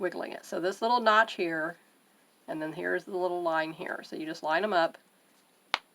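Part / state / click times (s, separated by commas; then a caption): plastic yo-yo maker template halves snapping together / seated / 5.7 s. Someone talks while the two halves of a plastic Clover yo-yo maker disc are lined up by their notch and line marks and pressed together over fabric. After a pause, a single sharp click sounds at 5.7 s as the halves snap together and seat.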